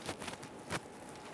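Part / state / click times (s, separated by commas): electrical connector into its mating plug near the intercooler / not seated / none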